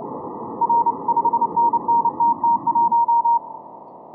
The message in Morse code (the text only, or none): R 5NNTT1